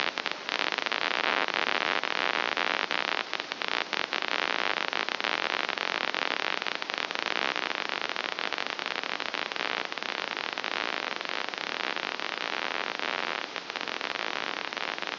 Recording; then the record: brain microelectrode recording played as sound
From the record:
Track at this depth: outside the subthalamic nucleus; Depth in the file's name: 1.578 mm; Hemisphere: left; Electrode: 2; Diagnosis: Parkinson's disease